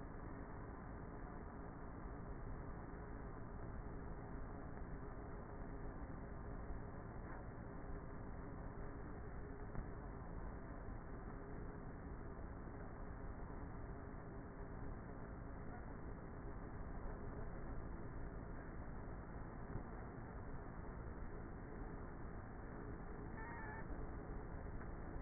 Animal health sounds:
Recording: honeybee colony, microphone inside the hive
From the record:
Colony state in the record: queenless with a low population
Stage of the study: before two queens were removed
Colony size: about 30,000 bees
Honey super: no

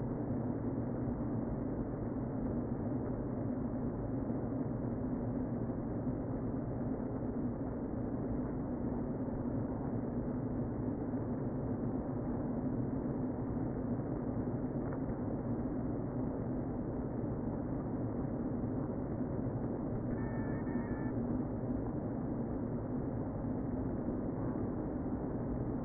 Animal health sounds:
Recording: honeybee colony, microphone inside the hive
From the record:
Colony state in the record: queen present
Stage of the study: before two queens were removed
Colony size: about 60,000 bees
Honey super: yes

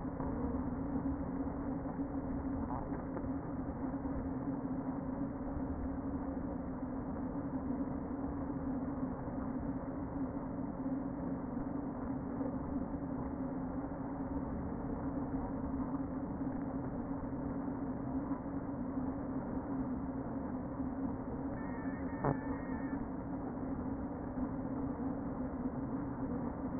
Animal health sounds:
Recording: honeybee colony, microphone inside the hive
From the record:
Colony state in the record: queen present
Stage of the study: before two queens were removed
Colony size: about 60,000 bees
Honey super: yes

